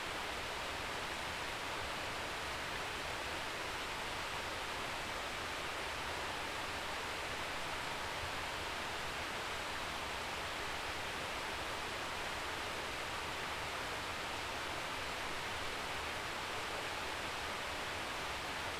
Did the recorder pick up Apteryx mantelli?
no